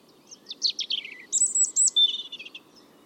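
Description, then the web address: European robin song: a thin, high, tumbling phrase of descending notes, then a sustained high whistle and a lower twittering flourish, over a soft low hiss. "Deverinetal 2025 File origin Bird Only Er Ru"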